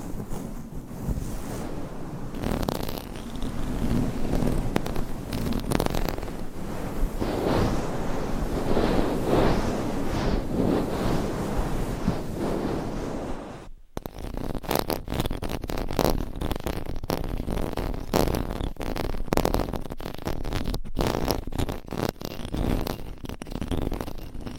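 Dense, continuous scratching and rubbing on a microphone, layered into a rough, textured wash that fills lows through highs. It stays steady with no pauses, thick and rumbling for the first fourteen seconds, then turns thinner and crisper after a brief cut, with quick scraping strokes.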